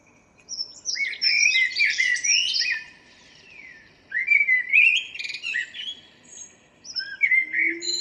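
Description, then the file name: Common blackbird singing rich, fluted warbles broken by high squeaky notes, three phrases in quick succession. "Turdus merula"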